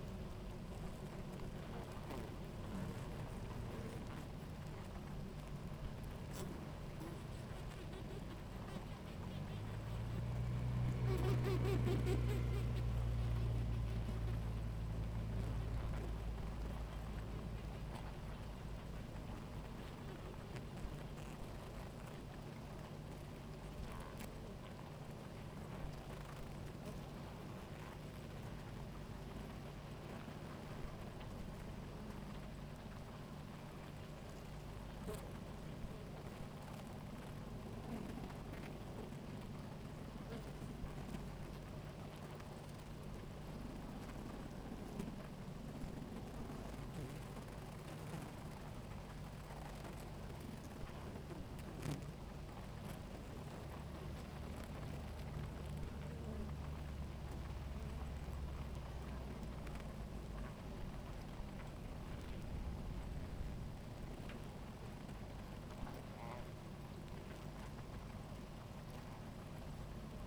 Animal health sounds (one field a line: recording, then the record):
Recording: honeybee colony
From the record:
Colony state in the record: active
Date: 28 July 2017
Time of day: 17:42